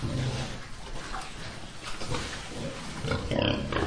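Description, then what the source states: Pig grunting, quick rough grunts in an uneven run with a sharper squeal near the end, over a noisy background. Pigs in a pigpen.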